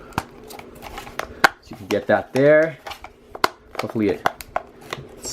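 A plastic piece from the Playmates Toys R Us Exclusive The Simpsons Treehouse of Horror Springfield Cemetery playset is pressed toward its socket in the plastic cemetery base while someone talks. Sharp plastic taps and ticks come through during the handling, with the loudest near 1.4 s and 3.4 s. The piece has not clicked or seated yet.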